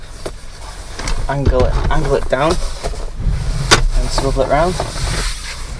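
In a Nissan e-NV200 van cab being converted to a fully electric DIY campervan, the front seat on its swivel seat base is slid forward, angled down and swivelled round, with short handling knocks near 0.3 s and 1.0 s while someone talks. The clip ends just before the swivel base latch engages, so nothing has seated or clicked into place yet.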